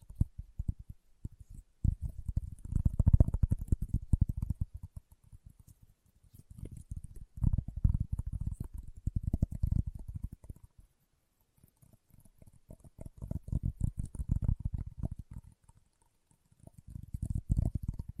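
Leather being tapped and scratched in dense, irregular bursts of dull low thuds and rustle, pausing briefly between flurries every few seconds.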